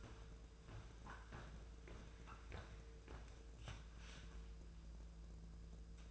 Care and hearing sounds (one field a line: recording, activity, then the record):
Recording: daily activity, microphone in the room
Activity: walk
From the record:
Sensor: 2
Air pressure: 1005.4 hPa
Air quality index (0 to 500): 100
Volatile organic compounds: 2 ppm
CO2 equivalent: 1221 ppm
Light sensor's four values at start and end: 8/20/8/8 and 8/20/8/8